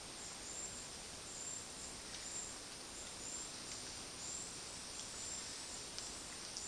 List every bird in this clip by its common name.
none